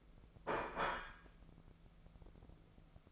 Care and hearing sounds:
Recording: daily activity, microphone in the room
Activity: place plate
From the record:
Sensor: 5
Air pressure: 1015.2 hPa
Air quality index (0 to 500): 205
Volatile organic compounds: 10 ppm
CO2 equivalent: 2250 ppm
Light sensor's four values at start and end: 78/183/78/85 and 78/183/78/85

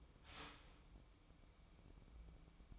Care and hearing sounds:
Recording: daily activity, microphone in the room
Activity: start toaster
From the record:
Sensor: 1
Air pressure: 1007.2 hPa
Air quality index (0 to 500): 74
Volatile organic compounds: 1 ppm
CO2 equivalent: 657 ppm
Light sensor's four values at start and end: 7/17/7/8 and 7/17/7/8

